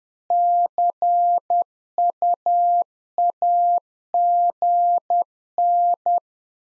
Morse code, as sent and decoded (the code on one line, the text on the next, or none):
-.-. ..- .- --. -.
CUAGN